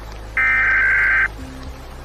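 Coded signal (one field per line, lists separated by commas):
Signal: Emergency Alert System (SAME) tones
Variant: header bursts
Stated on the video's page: Fictional doomsday EAS broadcast scenario about nuclear war, told from Russia's perspective.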